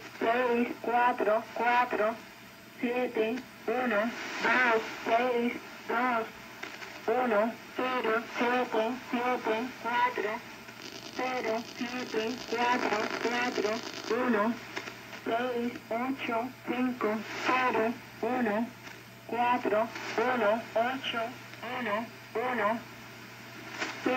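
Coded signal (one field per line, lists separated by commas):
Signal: numbers station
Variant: HM01, Spanish female voice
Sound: synthetic female voice reading short, evenly spaced numbers over a steady radio hiss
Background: radio static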